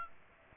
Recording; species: mosquito wingbeat signal from an infrared sensor; Aedes aegypti